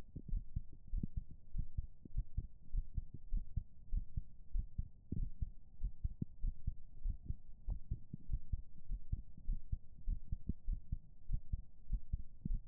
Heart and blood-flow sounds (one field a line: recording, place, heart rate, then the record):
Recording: heart sounds by stethoscope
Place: pulmonary valve (PV)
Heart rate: 96 bpm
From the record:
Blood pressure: 114/79 mmHg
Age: 41 years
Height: 174 cm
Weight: 68 kg